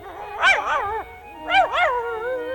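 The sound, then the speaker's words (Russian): A small white poodle gives two bursts of high-pitched yips and barks, each wavering up and down in pitch, with a short pause between them and no talking. “Собачка!”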